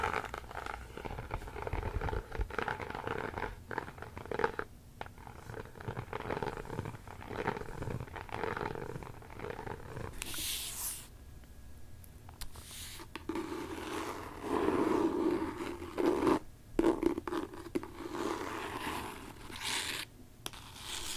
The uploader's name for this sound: ASMR book scratching